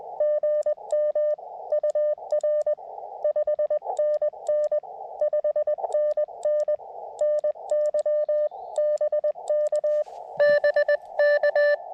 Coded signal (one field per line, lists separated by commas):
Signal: Morse code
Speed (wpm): 21 wpm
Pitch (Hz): 590 Hz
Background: none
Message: GM UR 5NN 5NN NY BK BK